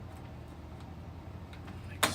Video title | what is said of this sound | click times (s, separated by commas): LEGO live build Set 31078 Treehouse Treasures Ep 016 | so all right here we go snaps in a little better | 2.0 s